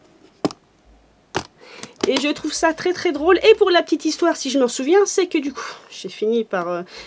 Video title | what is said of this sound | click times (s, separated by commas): Sac! Ma collection #2 mes sacs noirs des années 1930 à 1960 | Voilà. On entend juste le clac. | 0.4 s